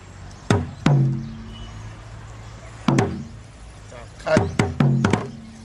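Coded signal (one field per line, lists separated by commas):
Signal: talking drum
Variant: Asante atumpan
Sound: about ten deep resonant drum strokes in irregular speech-like groups, pitches slightly differing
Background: faint voice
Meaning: A call to the presenter by name, telling him to come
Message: Atakakra, come. Ata Junior, come.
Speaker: Say, Atakakra, come. Ata Junior, come.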